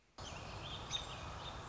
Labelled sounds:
American Robin

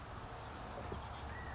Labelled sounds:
California Quail

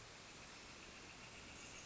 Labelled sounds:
Northern Flicker

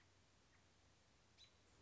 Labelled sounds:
American Robin

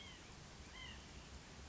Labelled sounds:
White-breasted Nuthatch

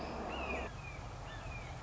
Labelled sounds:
Red-shouldered Hawk

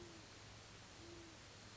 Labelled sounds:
Great Horned Owl

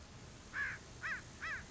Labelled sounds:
American Crow

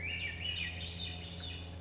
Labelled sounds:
Swainson's Thrush

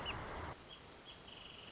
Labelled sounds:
Wrentit

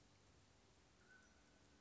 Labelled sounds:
Mountain Quail

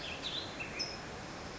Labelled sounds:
California Towhee

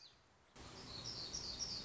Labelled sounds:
Black-throated Gray Warbler

